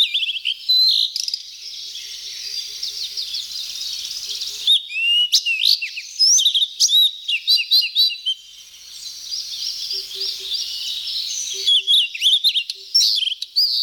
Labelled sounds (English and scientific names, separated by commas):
Blue-and-white Flycatcher (Cyanoptila cyanomelana) song